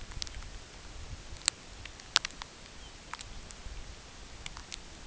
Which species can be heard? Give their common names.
Lapland Longspur